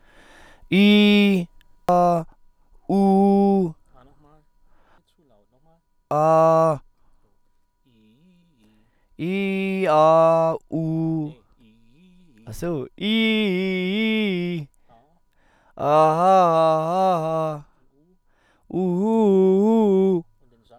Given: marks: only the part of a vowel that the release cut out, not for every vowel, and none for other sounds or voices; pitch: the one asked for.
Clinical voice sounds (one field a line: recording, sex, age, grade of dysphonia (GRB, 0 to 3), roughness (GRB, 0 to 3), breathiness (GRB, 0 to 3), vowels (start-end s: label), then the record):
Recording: sustained vowels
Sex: male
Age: 40 to 49 years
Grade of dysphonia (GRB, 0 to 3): 0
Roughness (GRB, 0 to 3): 0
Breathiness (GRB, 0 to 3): 0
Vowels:
0.74-1.38 s: vowel /i/, low pitch
2.95-3.63 s: vowel /u/, low pitch
6.14-6.73 s: vowel /a/, low pitch
13.09-14.35 s: vowel /i/, low-high-low pitch
16.22-17.17 s: vowel /a/, low-high-low pitch
19.08-20.11 s: vowel /u/, low-high-low pitch
From the record:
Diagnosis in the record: healthy voice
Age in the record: 40 years